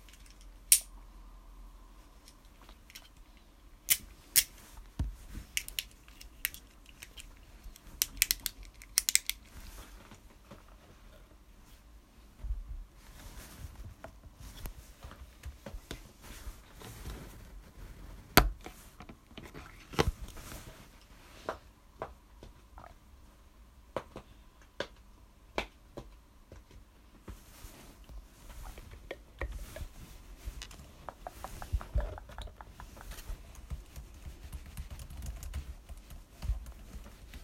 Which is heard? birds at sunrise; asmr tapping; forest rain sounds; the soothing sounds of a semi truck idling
asmr tapping